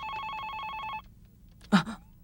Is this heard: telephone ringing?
yes